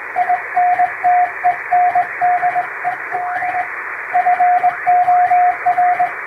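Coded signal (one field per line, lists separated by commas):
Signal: Morse code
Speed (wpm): 20 wpm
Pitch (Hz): 720 Hz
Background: radio noise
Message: INTENDED FOR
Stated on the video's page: Recreation of shortwave Morse like coast station traffic, with added noise and fading, for receiving practice.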